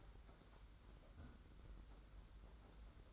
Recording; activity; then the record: daily activity, microphone in the room; close fridge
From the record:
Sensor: 3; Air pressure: 991.8 hPa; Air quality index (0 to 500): 215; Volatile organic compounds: 1000 ppm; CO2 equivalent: 7364 ppm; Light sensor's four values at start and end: 32/96/39/33 and 32/96/39/33